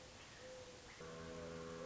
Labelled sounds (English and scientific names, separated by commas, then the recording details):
Mourning Dove (Zenaida macroura)
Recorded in Sonoma County, California